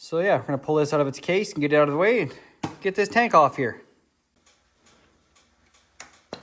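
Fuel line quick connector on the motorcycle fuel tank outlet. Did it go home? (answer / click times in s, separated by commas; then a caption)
released / 6.0 s. Someone talks, then after a quiet pause a fuel line quick connector is unclipped from the fuel tank outlet of a CRF450RL motorcycle while the tank is being removed. A sharp, brief click at 6.0 s marks the connector releasing, followed by another short tick at about 6.3 s, and the connector is undone.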